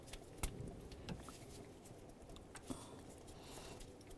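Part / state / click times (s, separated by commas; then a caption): wiring harness connector into ignition distributor / not seated / none. A wiring harness connector is handled at the new ignition distributor on a 1992-1996 Ford F-150, with sharp handling ticks near 0.1, 0.4 and 1.1 seconds and a fainter one around 2.7 seconds over a low background hum. Nothing has seated or clicked yet.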